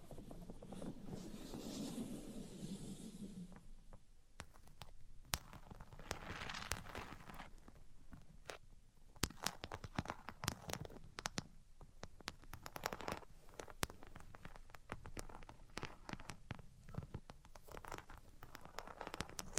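Tapping, scratching and tracing sounds. The first few seconds carry a low rubbing scrape, then sharp taps and clicks take over, arriving irregularly and often in quick clusters, with softer brushing strokes between them. The level stays fairly even throughout.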